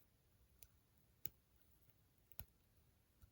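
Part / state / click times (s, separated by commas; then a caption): doll limb joint in doll body / seated / 0.6 s, 1.3 s, 2.4 s. A collector doll's plastic/vinyl articulated limb joint in the doll body is bent and ratchets into set detent positions, giving sharp clicks at 0.6, 1.3 and 2.4 seconds over a quiet background. The joint clicks into place, and the clicks help the doll hold poses.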